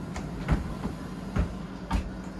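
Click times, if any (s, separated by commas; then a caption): 1.9 s. A slide-out tray in the dinette of a 2020 Thor Venetian R40 motorhome is pushed shut, giving several knocks and thumps as it slides in. The final and loudest hit at 1.9 s is where the tray latches closed and locks into place.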